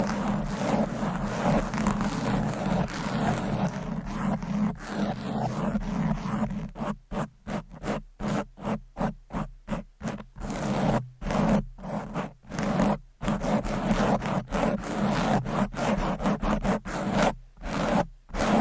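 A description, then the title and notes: Loud nail scratching on a microphone, a dense continuous rasp at first, then breaking into rapid choppy strokes with brief silent gaps after seven seconds. Fast and Aggressive Mic Scratching - Brain Scratching with Long Nails. No Talking.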